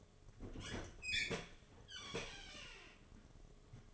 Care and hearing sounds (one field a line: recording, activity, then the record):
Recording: daily activity, microphone in the room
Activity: open fridge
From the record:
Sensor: 4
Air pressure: 1005.5 hPa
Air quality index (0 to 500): 175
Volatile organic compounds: 5 ppm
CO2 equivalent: 1719 ppm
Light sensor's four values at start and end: 6/13/5/4 and 5/11/4/4